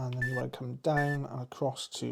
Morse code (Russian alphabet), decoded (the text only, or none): none